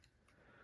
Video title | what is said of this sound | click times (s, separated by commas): Transformers One Prime Changers ALPHA TRION Review | that will just click into place and straighten out his leg | 0.0 s